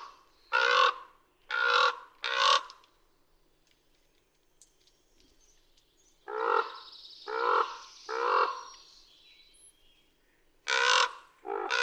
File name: Common Raven